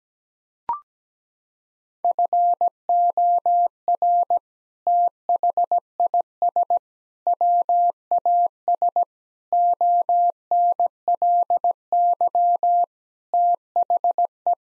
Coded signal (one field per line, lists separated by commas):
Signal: Morse code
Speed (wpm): 17 wpm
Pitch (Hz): 700 Hz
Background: none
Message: FOR THIS WAS ONLY THE